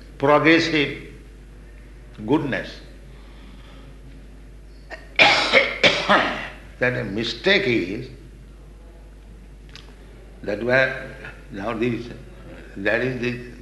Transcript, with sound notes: progressive goodness. [coughs] That our mistake is that where... Now this, there is the